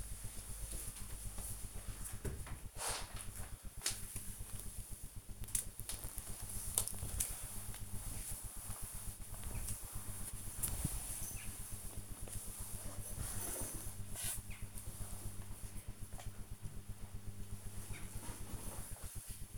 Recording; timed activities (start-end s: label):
household activities, microphone on the right wrist
4.86-19.58 s: floor cleaning